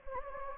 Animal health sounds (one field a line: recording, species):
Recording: mosquito wingbeat signal from an infrared sensor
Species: Anopheles gambiae